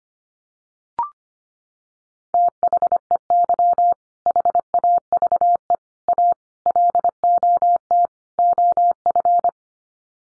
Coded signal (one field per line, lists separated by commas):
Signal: Morse code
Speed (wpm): 25 wpm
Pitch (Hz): 700 Hz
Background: none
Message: THEY HAVE A LOT OF